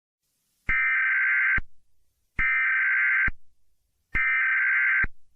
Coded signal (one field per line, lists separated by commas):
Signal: Emergency Alert System (SAME) tones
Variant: header bursts